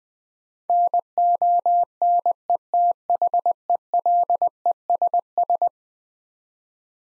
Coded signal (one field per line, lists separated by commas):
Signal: Morse code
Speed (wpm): 21 wpm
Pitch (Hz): 700 Hz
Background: none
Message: NONETHELESS